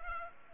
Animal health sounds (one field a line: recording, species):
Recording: mosquito wingbeat signal from an infrared sensor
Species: Culex pipiens